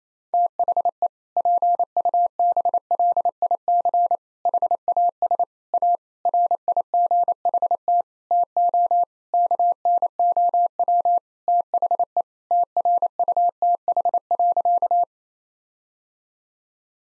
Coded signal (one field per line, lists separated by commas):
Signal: Morse code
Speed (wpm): 28 wpm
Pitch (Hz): 700 Hz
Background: none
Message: THE PUBLIC HAS A RIGHT TO KNOW THE TRUTH.